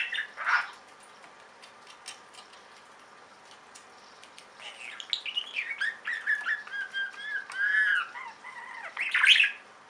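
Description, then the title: Budgerigar warble, mostly whistled sliding notes rising and falling in a run after the halfway point, with a squawk at the start and a final scratchy burst. "Budgie Sounds"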